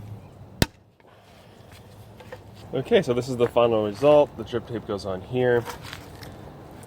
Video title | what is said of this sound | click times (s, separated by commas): Perfect Garden Irrigation: Control Every Bed Easily! Save Time & Water | you'll feel a nice pop and hear a nice click when it's in there correctly | 0.6 s